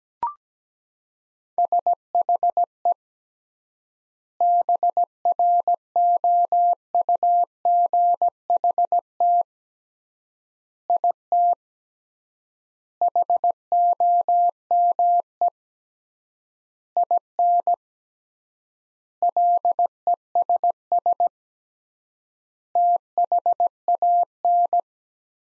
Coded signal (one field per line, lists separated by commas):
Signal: Morse code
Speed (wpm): 17 wpm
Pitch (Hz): 700 Hz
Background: none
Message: SHE BROUGHT IT HOME IN LESS THAN